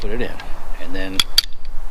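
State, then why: Not seated. A pistol magazine is handled at the pistol grip's magazine well after being released, ready to go back in. Someone talks, and sharp metallic clicks and taps are heard during the handling. The magazine has not seated or clicked home yet.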